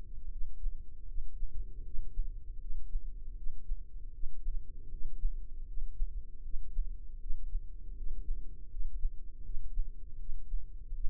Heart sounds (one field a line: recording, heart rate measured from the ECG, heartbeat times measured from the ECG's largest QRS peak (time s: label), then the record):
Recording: heart sounds by microphone in the left ear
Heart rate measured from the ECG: 79 bpm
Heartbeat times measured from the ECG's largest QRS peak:
0.29 s: heartbeat
1.06 s: heartbeat
1.83 s: heartbeat
2.59 s: heartbeat
3.35 s: heartbeat
4.11 s: heartbeat
4.89 s: heartbeat
5.66 s: heartbeat
6.42 s: heartbeat
7.18 s: heartbeat
7.95 s: heartbeat
8.69 s: heartbeat
9.43 s: heartbeat
10.17 s: heartbeat
10.92 s: heartbeat
From the record:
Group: healthy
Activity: rest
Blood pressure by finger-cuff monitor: 114/74 mmHg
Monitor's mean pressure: 87 mmHg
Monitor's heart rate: 79 bpm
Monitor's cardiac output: 5.4 L/min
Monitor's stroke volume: 69 mL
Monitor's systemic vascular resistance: 1160 dyn s/cm5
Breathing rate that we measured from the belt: 19 breaths a minute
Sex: female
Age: 43 years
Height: 160 cm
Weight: 90 kg